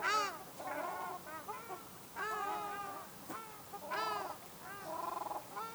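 Ruddy shelduck calling in bursts of nasal, arched honks, some quick and chattering, with short gaps between the groups.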